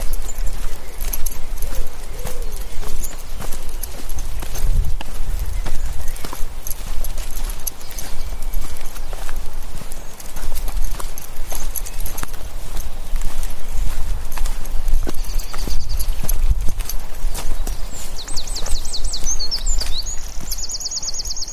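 An evening walk in the forest with a dog, with footsteps crunching steadily over a low, constant rumble. Short, bright bird calls break through around the fifteen-second mark, and a longer trilling call comes near the end.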